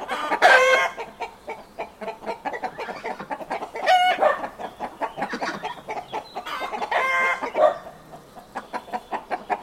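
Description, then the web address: Chicken: clucking with a few loud cackling squawks spread throughout, over a steady bed of softer clucks. Farmyard ambience, traffic-free background. "Hollywood Edge Historical Series cd 5 Traffic Free BG's Farmyard With Chickens Ducks"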